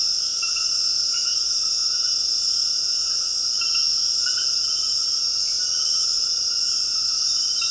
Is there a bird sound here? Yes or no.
no